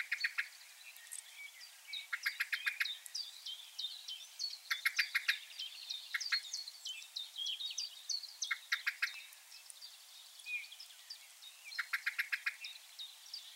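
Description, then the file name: Common blackbird repeats fast clicking chink series several times, interspersed with lively twittering and whistles from other songbirds. "Turdus merula"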